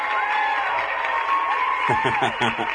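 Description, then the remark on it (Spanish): A crowd claps and cheers, applause for Blanquita Ruiz, in a steady, dense wash of noise, with whoops mixed in; toward the end a voice speaks over the fading applause. “Hombre, un aplauso para Blanquita.”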